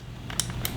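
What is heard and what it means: An SD card adapter is pressed into the side SD card slot of a Spypoint Solar trail camera, with a sharp click at 0.4 s among a few softer ticks and a low background hum. The adapter then simply pulls out again, so it does not lock in properly, which points to a fault in how the adapter is made rather than in the camera.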